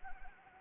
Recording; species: mosquito wingbeat signal from an infrared sensor; Anopheles gambiae